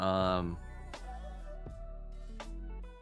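A plastic model kit part is handled against its mating part, meant to be pushed together without glue, while music plays and someone talks. Two brief sharp handling sounds come at about 0.9 s and 2.4 s, but nothing has seated or clicked into place yet.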